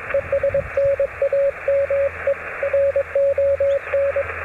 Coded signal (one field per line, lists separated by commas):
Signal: Morse code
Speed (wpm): 22 wpm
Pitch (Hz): 560 Hz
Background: radio noise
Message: ES NAME RON